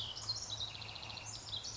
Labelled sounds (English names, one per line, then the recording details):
House Wren
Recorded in Sonoma County, California